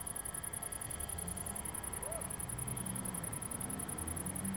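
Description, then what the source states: Cricket chirps: quick, evenly pulsed high chirping runs without pause, while low urban rumble and a few faint tonal sounds sit beneath. In the city.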